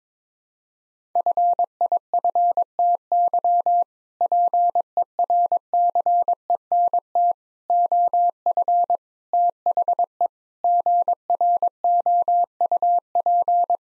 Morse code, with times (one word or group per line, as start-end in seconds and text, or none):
1.2-3.8 FIFTY
4.2-7.3 PERCENT
7.7-9.0 OF
9.3-10.3 THE
10.6-13.8 GROUP